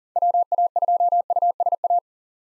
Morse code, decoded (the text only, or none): WA2USA